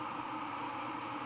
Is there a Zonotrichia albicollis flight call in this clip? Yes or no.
no